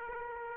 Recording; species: mosquito wingbeat signal from an infrared sensor; Aedes aegypti